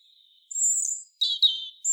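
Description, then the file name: European robin: a faint thin note, then a sustained high whistle, followed by a warbled lower phrase and another piercing high note. "Erithacus rubecula"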